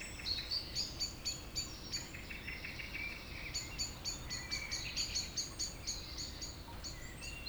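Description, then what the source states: Birds singing, with rapid series of high chirping notes about four per second, broken by a short pause, and quieter whistles below. Evening village birds in Tregastel, Pleumeur-Bodou, France, around 8 pm, humid weather, April 2019; recorded with MKH 8040 ORTF pair, Rycote windshield, Zoom H5.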